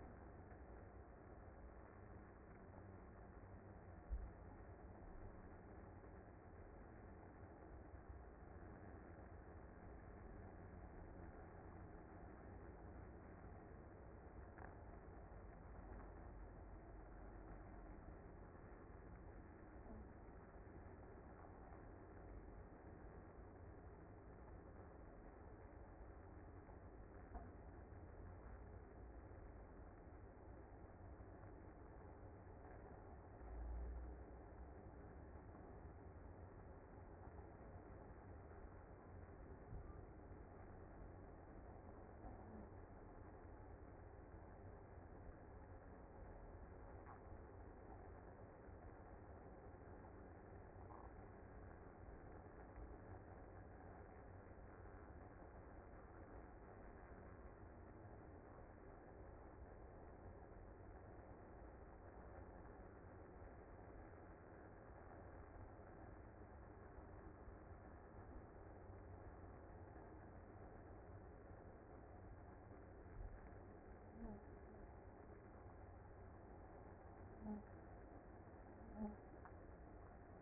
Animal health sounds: honeybee colony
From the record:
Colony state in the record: active

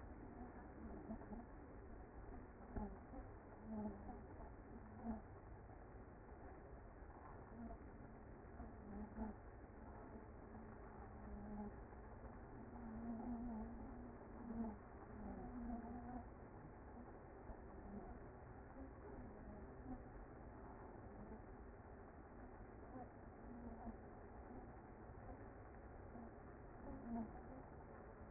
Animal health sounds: honeybee colony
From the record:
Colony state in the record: active

